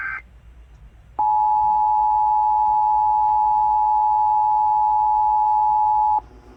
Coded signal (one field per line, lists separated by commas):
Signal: Emergency Alert System (SAME) tones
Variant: 853 and 960 Hz attention tone